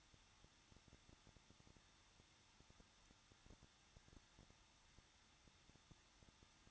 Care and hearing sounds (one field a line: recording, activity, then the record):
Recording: daily activity, microphone in the room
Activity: no activity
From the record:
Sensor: 3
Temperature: 21.2 degrees Celsius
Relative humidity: 36.4%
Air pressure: 1006.4 hPa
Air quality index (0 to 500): 222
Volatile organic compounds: 43 ppm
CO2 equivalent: 3189 ppm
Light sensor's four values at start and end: 2/3/2/2 and 2/3/2/2